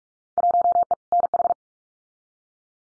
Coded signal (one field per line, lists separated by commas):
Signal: Morse code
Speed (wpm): 44 wpm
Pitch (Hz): 700 Hz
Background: none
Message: 1E NH